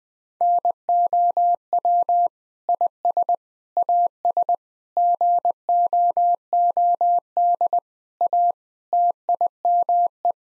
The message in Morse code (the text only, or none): NOW IS AS GOOD A TIME